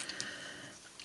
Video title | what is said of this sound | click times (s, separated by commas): transfomers fall of cybetron 1 of 5 onslaught and briticus | then you're going to want to bring down the full chest and you're going to hear some clicks | 0.1 s, 0.2 s